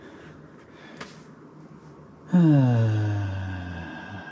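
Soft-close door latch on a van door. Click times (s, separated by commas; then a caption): 1.0 s. A campervan door with a soft-close mechanism is pulled shut and latches home by itself with a single click at 1.0 s. Someone talks quietly, then at about 2.3 s a loud, sustained tone with a falling pitch starts and slowly fades through the end.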